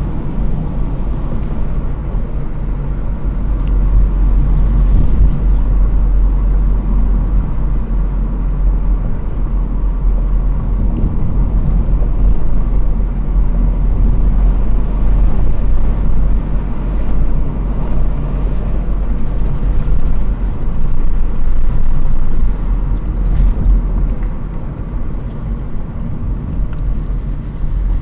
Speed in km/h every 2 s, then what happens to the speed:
50, 49, 48, 48, 46, 46, 46, 49, 50, 48, 46, 44, 40, 32.
0-16 steady at about 48. 16-28 slows to 32.